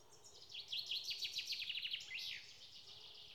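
Bird song: a rapid run of high, thin down-slurred notes, closing in a buzzy, rising-then-falling phrase.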